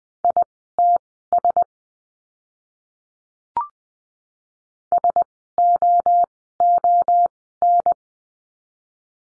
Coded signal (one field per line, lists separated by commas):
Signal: Morse code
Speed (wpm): 20 wpm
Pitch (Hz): 700 Hz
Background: none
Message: ITS SOON